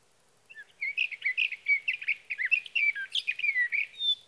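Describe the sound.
Sage thrasher song: a hurried, continuous warble of varied squeaky notes and slurs, rising and falling without pause.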